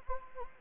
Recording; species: mosquito wingbeat signal from an infrared sensor; Anopheles gambiae